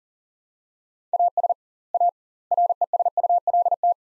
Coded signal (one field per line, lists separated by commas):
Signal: Morse code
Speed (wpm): 38 wpm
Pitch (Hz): 700 Hz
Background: none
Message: AS A RESULT